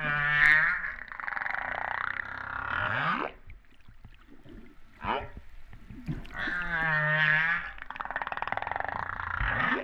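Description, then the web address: Humpback whale song: paired phrases of a harmonic moan sliding into a downswept tone, repeated after a quiet gap with a brief sweep. Recorded off Réunion on 13 September 2011, about 08:35. "autres sons cetaces BB Reunion 13-09-2011"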